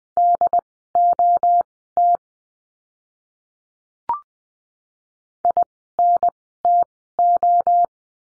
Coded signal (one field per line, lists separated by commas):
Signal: Morse code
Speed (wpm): 20 wpm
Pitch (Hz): 700 Hz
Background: none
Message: DOT INTO